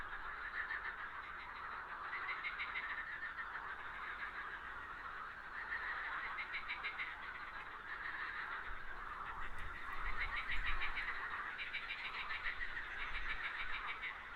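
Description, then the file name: Frog chorus, steady pulsed rattling croaks from many callers, surging in waves, with low rumbling background noise growing stronger near ten seconds. Frogs on a lake. "Frogs on the lake"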